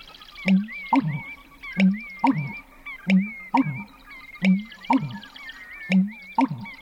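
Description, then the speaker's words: American bittern pumping, low resonant gulping phrases repeated steadily, with other birds calling and whistling in the background. Male pumping at dawn as it grew light, recorded from a canoe far out in a cattail marsh of a prairie pothole wetland; sounds like pump-er-lunk. "And when it started getting light, he really started pumping."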